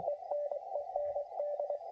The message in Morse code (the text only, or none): ENEND